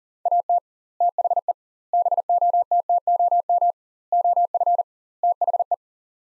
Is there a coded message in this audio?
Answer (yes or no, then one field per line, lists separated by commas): yes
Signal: Morse code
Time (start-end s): 0.3-5.7 s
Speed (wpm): 40 wpm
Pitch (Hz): 700 Hz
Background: none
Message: AT THE BOTTOM OF THE